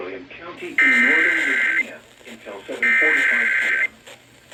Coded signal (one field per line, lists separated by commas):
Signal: Emergency Alert System (SAME) tones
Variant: header bursts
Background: speech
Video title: End Of May Twisters/Storms: EAS Alerts From 5/30/25 (EAS #4462-4497)